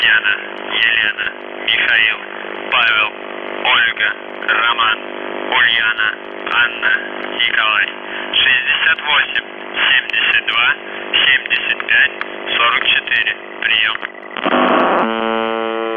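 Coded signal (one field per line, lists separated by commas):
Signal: numbers station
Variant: UVB-76 (The Buzzer)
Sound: a male voice reading a message over a steady low drone, then a short harsh buzz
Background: radio static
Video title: The Buzzer/UVB-76(4625Khz) September 16, 2021 13:06UTC Voice message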